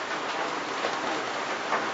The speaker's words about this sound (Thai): ตอนนี้ฝนตกขอนั่งเฉยๆไปสักพักก่อนเพราะว่าพูดไปเสียงมันจะฟังไม่ชัดเสียงฝนมันดัง